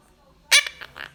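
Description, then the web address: Monk parakeet voice: one loud harsh burst followed by two shorter, softer harmonic notes. Monk parakeet (Quaker parrot) talking in an amusing way. "popugai monax kvaker kalita potesno razgovarivaet. myiopsitta monachus"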